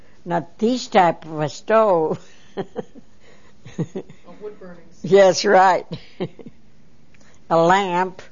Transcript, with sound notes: Not these type of a stove. ( she laughs )
A wood burning stove.
That's right. A lamp.